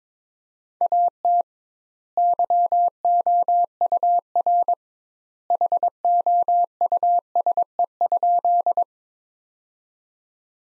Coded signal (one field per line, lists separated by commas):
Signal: Morse code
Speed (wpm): 22 wpm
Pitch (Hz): 700 Hz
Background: none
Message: AT YOUR HOUSE?